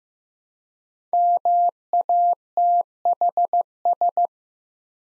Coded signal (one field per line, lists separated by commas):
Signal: Morse code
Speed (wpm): 15 wpm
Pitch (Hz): 700 Hz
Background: none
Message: MATHS